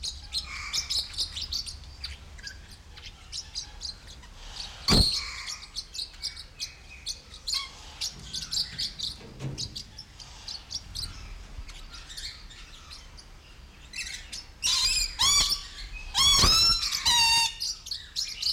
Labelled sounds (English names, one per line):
Mexican Parrotlet